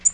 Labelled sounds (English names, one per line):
Tennessee Warbler flight call